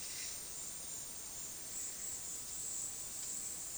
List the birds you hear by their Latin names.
none